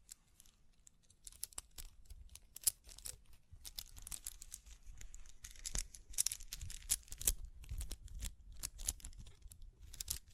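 Tapping, scratching and brushing sounds with crinkles, made of many short, crisp clicks and rustles that come in irregular bursts. The first second or so is near silent, then activity builds and grows busiest around six to eight seconds, with a soft low rumble underneath.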